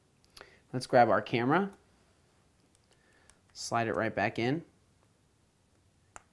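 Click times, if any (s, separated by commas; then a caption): 6.2 s. Someone talks while an iPhone 4's rear camera is slid back into place and its flex cable connector is pressed onto the logic board socket. A single sharp snap at 6.2 s shows the connector seating.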